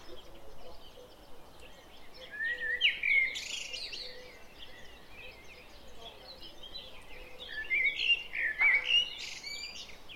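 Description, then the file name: Common blackbird producing two warbled phrases with squeaky twittering, separated by a lull, against steady background hiss and scattered rustling bursts. "Turdus merula"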